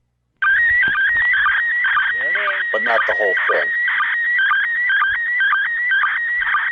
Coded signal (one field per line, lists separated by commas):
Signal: SSTV (slow-scan television)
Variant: PD 120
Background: speech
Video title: Receiving SSTV from the International Space Station